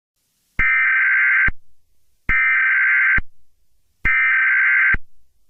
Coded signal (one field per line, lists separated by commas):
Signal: Emergency Alert System (SAME) tones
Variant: header bursts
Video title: Eas Scenario #2: The Californian Zombie Apocalypse